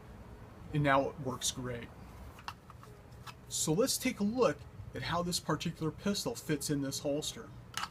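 Someone talks while handling a pistol next to the plastic shell of an Alien Gear Cloak Slide outside-the-waistband hybrid holster, with a few brief sharp handling clicks and taps between the words. The pistol has not yet snapped into the holster's retention, and nothing has seated or clicked home.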